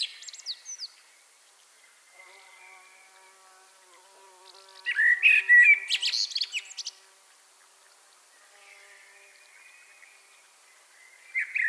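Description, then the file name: Common blackbird song: a faint opening phrase, then a loud burst of rich notes mixed with high squeaky twitters, and softer high notes near the end. "Turdus merula"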